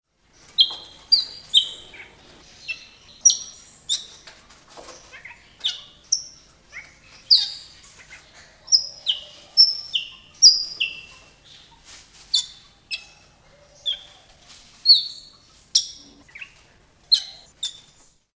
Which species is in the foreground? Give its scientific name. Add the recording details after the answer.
Basilornis celebensis. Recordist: Tembrock, Günter. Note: Lautfolgen